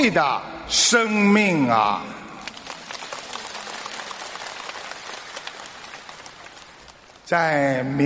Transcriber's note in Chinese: 掌声